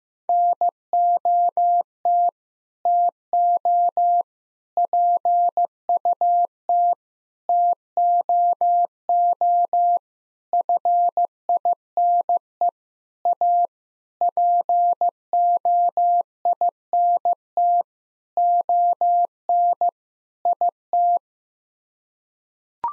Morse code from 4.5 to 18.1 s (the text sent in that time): PUT TOO FINE A POINT